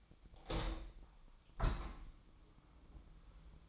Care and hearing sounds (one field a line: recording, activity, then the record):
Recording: daily activity, microphone in the room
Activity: open window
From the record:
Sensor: 1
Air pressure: 1004.8 hPa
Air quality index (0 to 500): 103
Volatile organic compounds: 3 ppm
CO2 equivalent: 1412 ppm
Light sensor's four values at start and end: 8/19/7/8 and 8/20/8/8